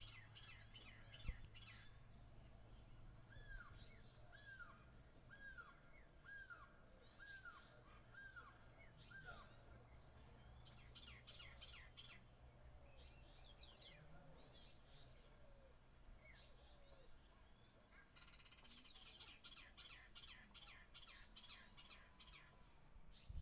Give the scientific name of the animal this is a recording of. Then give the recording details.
Clamator glandarius. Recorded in northern Uganda